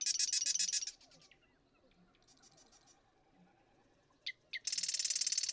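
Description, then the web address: Marsh Wren song: loud, rapid mechanical rattles of high, buzzy notes, one at the start and one at the end, with a couple of brief sharp clicks between. "birdsongforthecurious Marsh Wren"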